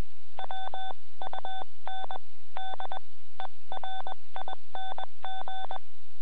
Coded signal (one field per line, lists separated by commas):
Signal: Morse code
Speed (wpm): 21 wpm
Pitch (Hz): 3500 Hz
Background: none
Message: WUNDERING